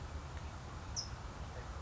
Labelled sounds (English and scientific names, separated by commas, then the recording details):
California Towhee (Melozone crissalis)
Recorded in Sonoma County, California